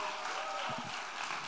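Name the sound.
audience applauding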